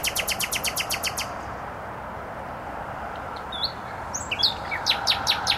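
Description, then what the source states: Nightingale song opening with a rapid run of about ten repeated notes, then a pause and more varied notes, over a broad traffic hiss. Singing in bushes close to a noisy motorway, Trasa Toruńska, Bródno-Podgrodzie, Warsaw, Poland; recorded with an Olympus LS-11.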